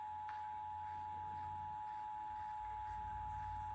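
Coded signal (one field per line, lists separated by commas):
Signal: Emergency Alert System (SAME) tones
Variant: 853 and 960 Hz attention tone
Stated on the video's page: Severe thunderstorm warning received on FM radio.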